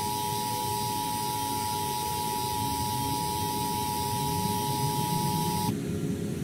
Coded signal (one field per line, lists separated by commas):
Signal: Emergency Alert System (SAME) tones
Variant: 853 and 960 Hz attention tone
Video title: Eas scenario 4: I-ready characters attack